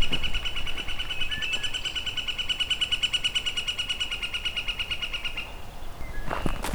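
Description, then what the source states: Northern Flicker calling a long, even run of rapid repeated notes held at one pitch, then stopping; faint other bird notes. Fairly common species in the area; heard on a walk through a hydro corridor near Hamilton, beside a mass of Phragmites.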